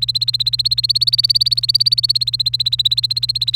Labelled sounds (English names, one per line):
Domestic Canary song